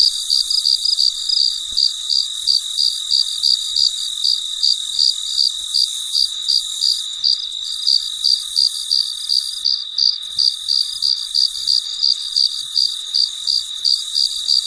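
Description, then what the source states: Steady cricket chirps, high and pulsing roughly three per second, above a constant shrill hiss. Recorded late at night; very quiet surroundings.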